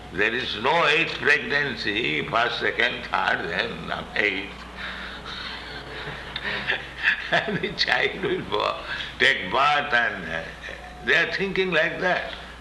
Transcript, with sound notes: There is no ex... ...pregnancy, first, second, third, then eighth, [laughs] and the child will go, take birth and... They are thinking like that.